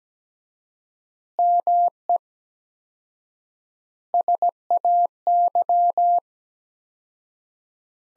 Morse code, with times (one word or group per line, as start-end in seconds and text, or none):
1.4-2.2 ME
4.1-6.2 SAY